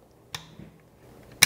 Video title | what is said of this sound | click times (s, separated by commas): V-Gard H1™ Hard Hat: EN397 Chinstrap Installation | so you hear the click | 1.4 s